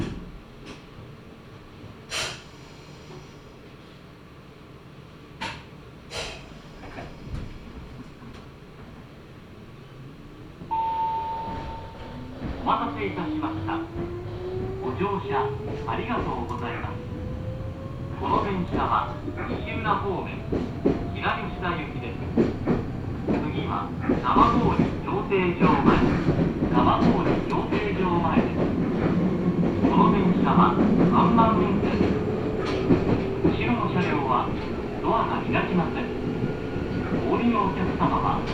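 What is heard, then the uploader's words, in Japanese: A Meitetsu Gamagori Line train sits quietly with a few sharp clicks, then pulls away around eleven seconds, motor whine rising over steady rattling. 名古屋鉄道 蒲郡線 蒲郡→吉良吉田。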